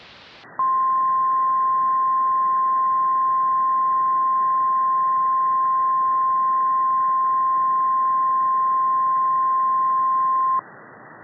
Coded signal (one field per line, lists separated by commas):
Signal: Emergency Alert System (SAME) tones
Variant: 853 and 960 Hz attention tone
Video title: EAS MOCK - Windy City Tornado (READ DESCRIPTION)